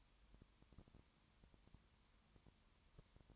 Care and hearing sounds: daily activity, microphone in the room; no activity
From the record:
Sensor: 3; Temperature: 21.1 degrees Celsius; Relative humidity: 37.0%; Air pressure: 1010.6 hPa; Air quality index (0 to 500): 204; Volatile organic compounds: 31 ppm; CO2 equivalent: 2974 ppm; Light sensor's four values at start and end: 2/3/2/2 and 2/3/2/2

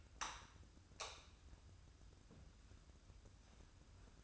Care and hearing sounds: daily activity, microphone in the room; light off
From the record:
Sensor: 2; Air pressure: 994.4 hPa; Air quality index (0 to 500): 216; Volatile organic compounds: 1000 ppm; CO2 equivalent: 7148 ppm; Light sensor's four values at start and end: 145/352/149/154 and 140/335/142/148

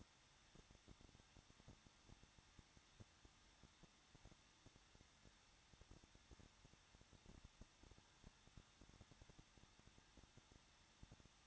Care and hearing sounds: daily activity, microphone in the room; no activity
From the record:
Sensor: 3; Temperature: 21.2 degrees Celsius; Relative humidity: 36.4%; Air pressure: 1006.3 hPa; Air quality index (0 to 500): 223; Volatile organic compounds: 42 ppm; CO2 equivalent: 3180 ppm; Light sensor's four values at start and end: 2/3/2/2 and 2/3/2/2

